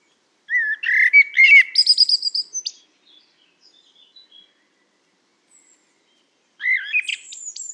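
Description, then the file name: Common blackbird song: a low fluted warble breaking into a high squeaky twitter, then quiet, and a new phrase starting near the end. "Turdus merula"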